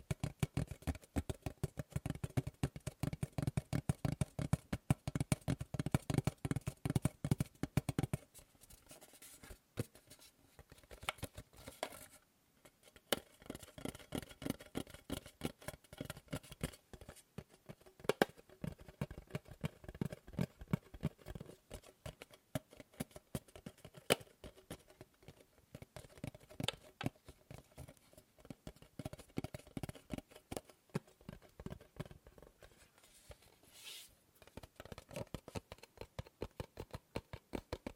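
Tapping on several objects, with dense, rapid strikes for the first eight seconds, then sparser, slower taps with brief pauses. The sound shifts between hollow low knocks and brighter clicky hits as different surfaces are struck, and a quick burst returns near the end.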